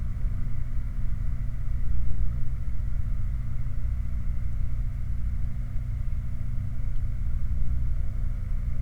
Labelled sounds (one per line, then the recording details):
machinery
flare stack
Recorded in the Prudhoe Bay oil fields, Alaska, on 8 July 2019 at 01:45
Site 29